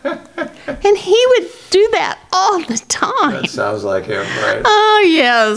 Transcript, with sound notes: And he would do that all the time. (Laughing)
That sounds like him. (Laughing)
Oh, yes.